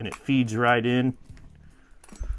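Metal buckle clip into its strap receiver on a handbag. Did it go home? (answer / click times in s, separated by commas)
yes / 2.0 s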